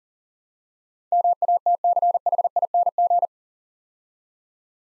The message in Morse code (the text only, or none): MATCHING